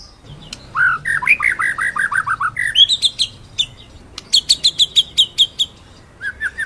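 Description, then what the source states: White-rumped shama song with a fast run of repeated slurred whistles, then strings of high clipped notes. Masteran recording, a training song played to teach songbirds, with full rolling (ngerol) song and shooting (nembak) phrases.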